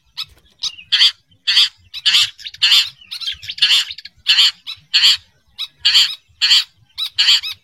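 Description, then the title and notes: Long-tailed shrike uttering loud, grating squawks in a steady series, with little variation. "Kicau Burung Cendet"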